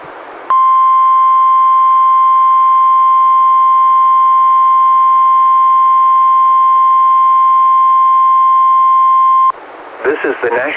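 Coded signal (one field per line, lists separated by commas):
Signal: Emergency Alert System (SAME) tones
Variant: 1050 Hz attention tone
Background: speech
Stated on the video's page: Two NWR Required Weekly Tests relayed by NOAA Weather Radio station, recorded from a Reecom R-1630 weather radio through a Zoom H1 recorder.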